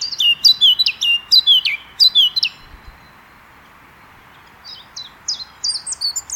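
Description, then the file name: Eurasian blackcap song: a rhythmic run of sharp, high slurred notes repeated several times, a brief pause, then a softer series of similar notes. "Sylvia atricapilla"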